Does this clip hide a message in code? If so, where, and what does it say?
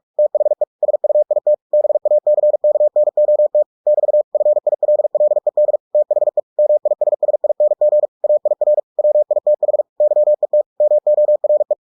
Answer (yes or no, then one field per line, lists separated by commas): yes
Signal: Morse code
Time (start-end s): 0.2-11.7 s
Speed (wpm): 46 wpm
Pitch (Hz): 600 Hz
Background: none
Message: THE SUIT BACKNOT <BT> FILLED THE MISSING AIR WITH YET MORE